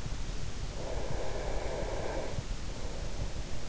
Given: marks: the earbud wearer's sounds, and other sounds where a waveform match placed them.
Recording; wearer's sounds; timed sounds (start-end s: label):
sounds in sleep by an in-ear microphone; breath
0.85-3.61 s: breath